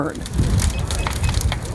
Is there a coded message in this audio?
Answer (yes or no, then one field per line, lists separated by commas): no